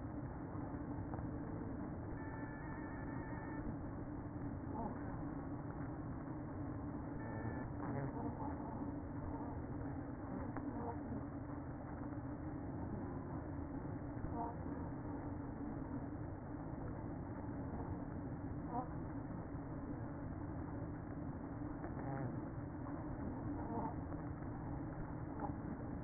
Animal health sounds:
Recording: honeybee colony, microphone inside the hive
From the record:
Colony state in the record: queen present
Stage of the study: after two queens were removed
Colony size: about 60,000 bees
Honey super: yes

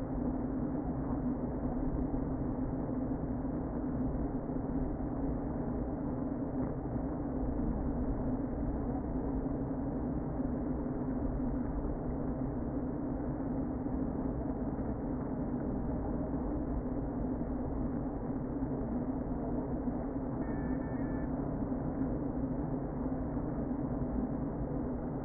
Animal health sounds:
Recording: honeybee colony, microphone inside the hive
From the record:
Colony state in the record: queen present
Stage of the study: before two queens were removed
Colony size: about 60,000 bees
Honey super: yes

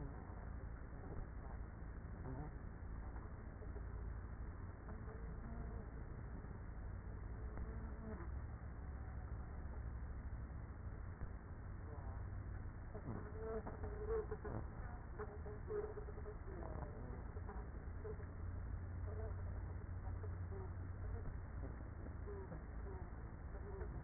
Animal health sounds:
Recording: honeybee colony, microphone inside the hive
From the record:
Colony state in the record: queenless with a low population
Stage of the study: after two queens were removed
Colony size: about 30,000 bees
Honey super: no

